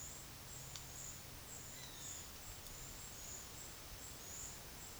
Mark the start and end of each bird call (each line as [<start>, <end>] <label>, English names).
[1.74, 2.18] Roadside Hawk